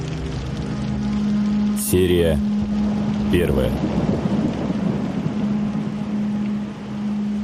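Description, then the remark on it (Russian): Heavy pouring rain hisses steadily throughout, with a low sustained hum, a couple of rumbling bursts near the start, and a voice speaking briefly over it. “Настоящий проливной дождь.”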